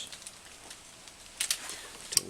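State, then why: Torque reached. A click-type torque wrench tightens a fan mounting nut on a snowmobile engine until it clicks at the set torque. Faint hiss and small ticks lead up to a pair of louder bursts around 1.4–1.5 s. The wrench's sharp torque click lands at 2.2 s, confirming the setting was reached.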